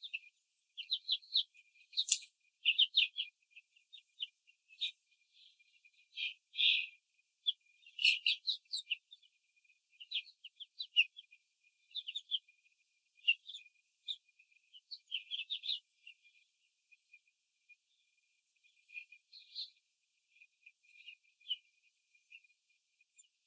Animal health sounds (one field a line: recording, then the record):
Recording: young laying hens in a cage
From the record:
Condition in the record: control cage, after the stress test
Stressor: none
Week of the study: 4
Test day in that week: 3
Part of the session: 4